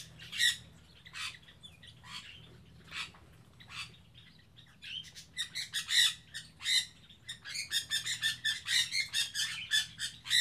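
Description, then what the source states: Birds calling, sharp chirps and squawks, sparse at first then a dense rapid burst of repeated chirps in the second half, over a low steady hum. Birds kept in an aviary on Spetses.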